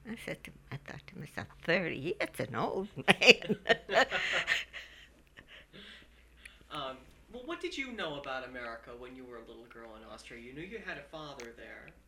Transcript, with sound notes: And I said to her, I thought to myself, "Thirty? That's an old man." ( they laugh )
Well, what did you know about America when you were a little girl in Austria? You knew you had a father there.